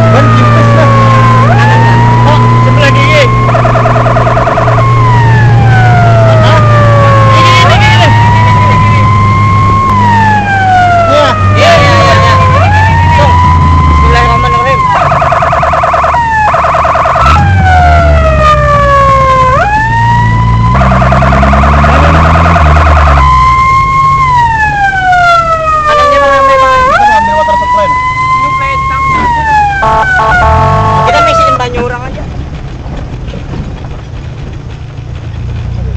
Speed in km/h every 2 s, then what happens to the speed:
82, 86, 86, 82, 78, 73, 72, 60, 42, 23, 20, 28, 17, 11, 14, 13, 17, 14.
4-9 slows to 73. 12-19 brakes to 20. 23-26 brakes to 11. 26-36 steady at about 14.